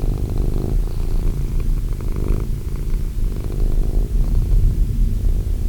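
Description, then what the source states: Cat purring loudly, a deep pulsing rumble in regular breathing cycles. Cat named Wilson.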